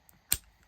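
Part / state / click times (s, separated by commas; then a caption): padlock shackle latching into the lock body / seated / 0.3 s. After being cleaned and lubricated, the shackle of a restored 1975 American steel padlock is pushed closed into the lock body. It latches with one sharp, bright snap at 0.3 s, with only faint ticks around it. The shackle snaps shut and seats.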